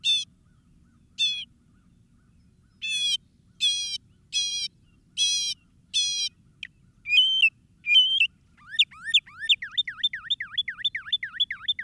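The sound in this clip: Northern mockingbird singing varied phrases: scattered high buzzy bursts, then clipped twangy notes, ending in a rapid run of rising and falling whistled notes.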